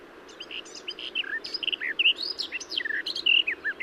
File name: Garden-Warbler -Sylvia-borin